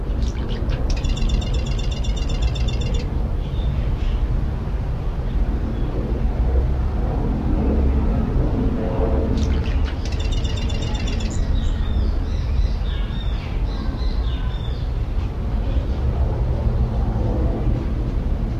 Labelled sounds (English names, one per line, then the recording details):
Yellow-crowned Bishop
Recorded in captivity
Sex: male
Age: adult
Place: Zoo Berlin, Berlin, DE
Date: 1994-08-27 12:15
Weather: heiter, 16-22°C
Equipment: Marantz CP 430, Sennheiser ME 80, Kopie Uher Variocord 263
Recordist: Tembrock, Günter